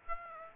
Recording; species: mosquito wingbeat signal from an infrared sensor; Aedes aegypti